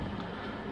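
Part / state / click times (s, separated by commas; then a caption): plastic tail piece into figure torso / not seated / none. The plastic tail piece of a Marvel Legends Sauron build-a-figure is handled at the figure's torso socket, to be pushed in until it clicks. Only a steady, low, rumbling background noise is heard with no sharp sounds. Nothing has seated or clicked yet.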